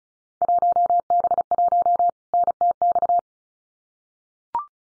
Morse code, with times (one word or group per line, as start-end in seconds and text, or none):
0.4-2.1 1B1
2.3-3.2 NTX